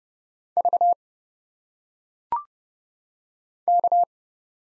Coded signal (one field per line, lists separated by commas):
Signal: Morse code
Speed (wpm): 30 wpm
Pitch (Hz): 700 Hz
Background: none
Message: V K